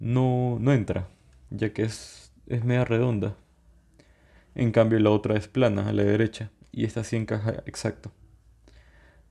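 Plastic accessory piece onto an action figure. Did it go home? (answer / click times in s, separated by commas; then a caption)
no / none. A plastic accessory piece is fitted onto a McFarlane Brundlefly action figure; it sits flat and fits the shape but only adds some stability and does not latch or hook in at all. Someone talks throughout, with faint small handling ticks in the pauses. Nothing seats or clicks.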